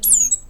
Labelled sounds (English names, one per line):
Stitchbird song